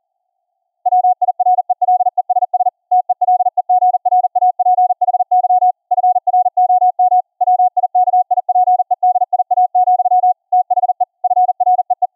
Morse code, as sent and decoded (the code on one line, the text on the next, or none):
.-- .. .-. . .-.. . ... ... / - . .-.. . --. .-. .- .--. .... -.-- / ..-. .-. --- -- / .-- .. -.- .. .--. . -.. .. .- --..-- / - .... . / ..-. .-. . .
WIRELESS TELEGRAPHY FROM WIKIPEDIA, THE FREE